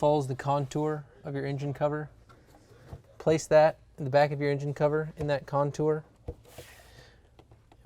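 Someone talks while a plastic engine cover is lined up over its mounting grommets on an N55-powered BMW engine, its back edge set into the contour and the cover placed around the oil filler neck. Short, faint handling knocks and scrapes follow from about 6.3 to 7.7 s as it is positioned. The cover has not yet been pushed down and nothing has clicked in.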